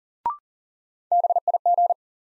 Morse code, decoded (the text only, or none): BIG